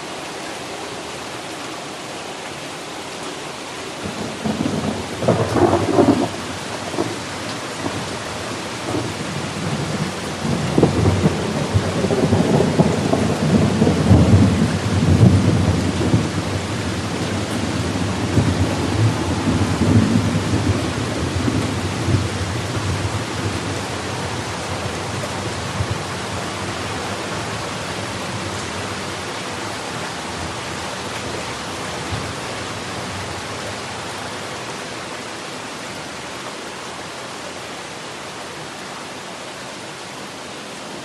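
Steady rain hisses throughout, a dense, even wash. From about 4 seconds a long, low roll of thunder builds, peaking around 13 to 20 seconds with deep rumbling surges, then fades slowly into the rain by about 30 seconds.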